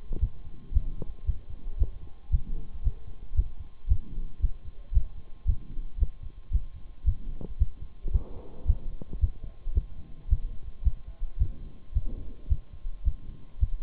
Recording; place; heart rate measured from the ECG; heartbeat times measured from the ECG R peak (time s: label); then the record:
heart sounds by stethoscope; between the tricuspid and mitral areas; 112 bpm
0.21 s: heartbeat
0.74 s: heartbeat
1.26 s: heartbeat
1.79 s: heartbeat
2.32 s: heartbeat
2.84 s: heartbeat
3.36 s: heartbeat
3.89 s: heartbeat
4.41 s: heartbeat
4.94 s: heartbeat
5.47 s: heartbeat
6.00 s: heartbeat
6.52 s: heartbeat
7.06 s: heartbeat
7.59 s: heartbeat
8.13 s: heartbeat
8.67 s: heartbeat
9.21 s: heartbeat
9.75 s: heartbeat
10.30 s: heartbeat
10.84 s: heartbeat
11.39 s: heartbeat
11.94 s: heartbeat
12.49 s: heartbeat
13.05 s: heartbeat
13.60 s: heartbeat
From the record:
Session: Bruce protocol treadmill stress test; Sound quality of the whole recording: partially saturated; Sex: male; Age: 23 years